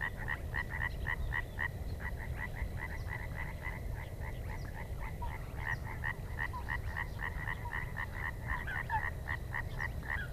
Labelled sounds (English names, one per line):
Spotted Crake